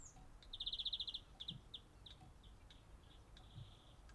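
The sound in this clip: Greenfinch trill, a fast run of about a dozen buzzy pulses, followed by a few scattered single notes and a short, faint trill at the end.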